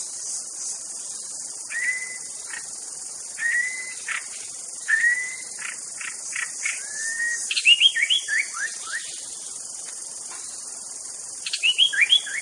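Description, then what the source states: White-rumped shama song: repeated rising whistled notes every couple of seconds, then bursts of quick sweeping chirps, over constant high-pitched background hiss. Wild bird recorded in forest.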